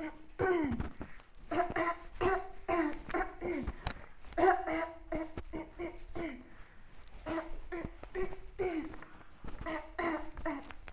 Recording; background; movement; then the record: throat clearing; quiet; walking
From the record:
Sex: female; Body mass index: 18.8 kg/m2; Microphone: on the chest, facing outward